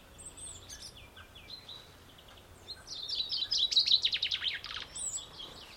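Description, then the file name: Chaffinch singing high, scattered chirps, then a fast run of bright notes, over soft steady background hiss. "Fringilla coelebs"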